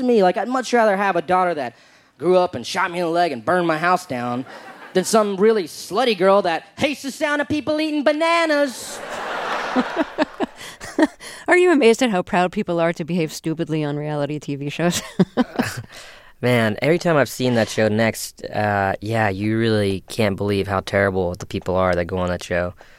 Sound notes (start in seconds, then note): 8.9 soundbite of laughter; 14.9 soundbite of laughter